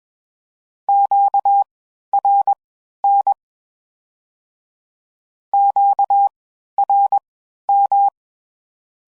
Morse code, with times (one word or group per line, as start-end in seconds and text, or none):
0.9-3.3 QRN
5.5-8.1 QRM